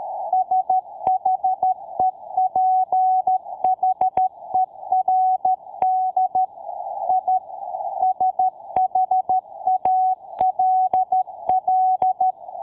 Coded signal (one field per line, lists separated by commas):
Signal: Morse code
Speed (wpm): 13 wpm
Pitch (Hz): 750 Hz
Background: none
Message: SHEPHERD I SHALL